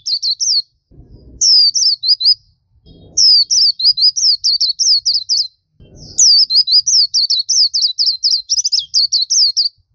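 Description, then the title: Common nightingale song of fast, high trilled phrases, each a string of repeated slurred notes, with low thumps at the start of some phrases. "nightingale masteran"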